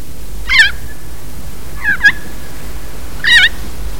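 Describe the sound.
Kaka uttering three loud, buzzy, wavering screeches at roughly one-and-a-half-second gaps, with a faint low hum underneath.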